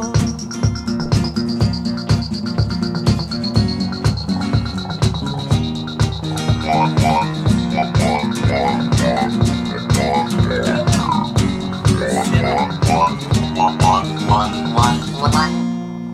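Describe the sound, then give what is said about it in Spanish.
Rhythmic toad croaks pulse steadily through a dense musical backdrop at the end of a song, joined by a sustained high whistling tone and bursts of chirpy warbling notes toward the end. “Tremendo ese sapo al final.”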